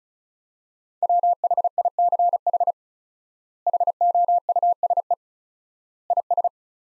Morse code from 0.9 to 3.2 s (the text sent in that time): WHICH